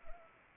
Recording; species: mosquito wingbeat signal from an infrared sensor; Anopheles arabiensis